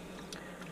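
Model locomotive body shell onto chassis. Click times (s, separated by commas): 0.3 s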